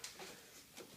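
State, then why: Seated. A gray plastic trim clip is pressed into the battery-area cover or panel in the engine bay of an Infiniti G37 / Nissan 370Z during a car battery replacement. A single sharp click at 0.0 s marks it snapping in and seating, followed by a quiet background and a fainter sound near 0.8 s.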